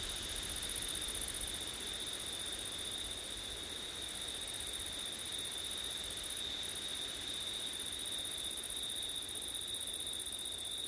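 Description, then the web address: An unbroken high cricket trill continues evenly, accompanied by a fainter upper band and a quiet low hiss. September night, wind. "audio crickets wind september night ortif"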